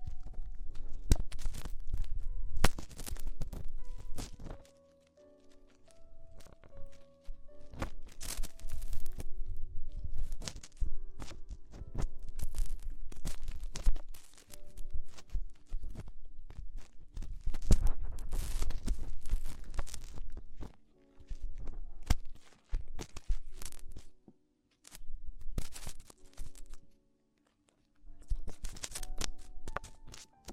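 Ear exploration sounds: dense crackling, tapping and rustling bursts with faint tonal hums, broken by several brief near-silent pauses around 5, 14 and 25 seconds.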